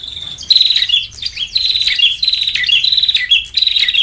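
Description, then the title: Lovebird chatter: dense, shrill, buzzy chirps running almost without a break, loud and high-pitched, with brief dips between phrases. Lure call for trapping lovebirds (pikat). "PIKAT BURUNG LOVEBIRD"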